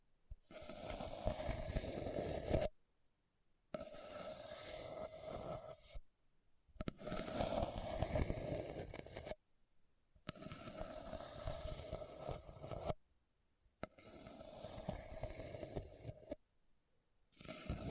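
Rough, bumpy scratching across a hard surface comes in long, dense strokes of about two to three seconds each, separated by short silences. Six passes occur, each a gritty, rattling scrape with a steady low rumble and a faint hum-like tone throughout.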